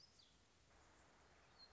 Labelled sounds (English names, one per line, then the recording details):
Black-throated Gray Warbler
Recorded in Sonoma County, California